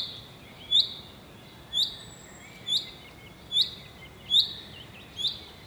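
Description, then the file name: Common chaffinch calls: a short sharp high note repeated about every second, six times, over steady low background noise. "Fringilla coelebs"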